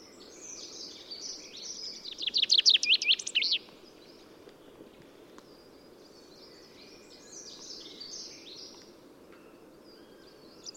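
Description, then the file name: Common chaffinch song: one cascading trill of bright notes closing with a flourish, with softer chirps before and after. "Fringilla coelebs"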